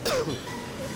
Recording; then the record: coughing mixed with background sound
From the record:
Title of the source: Coughing 60